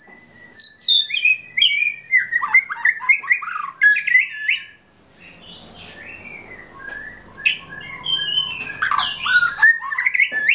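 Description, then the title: Oriental magpie-robin song of varied whistles and chirps, with a brief quieter lull midway before the phrases resume. "Kicau Kacer"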